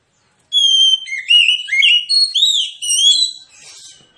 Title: Kacer Langsung Tarung Konslet KACER NGOTOT FULL TEMBAKAN. Kicau Kacer santaiterapi Kacer males bunyi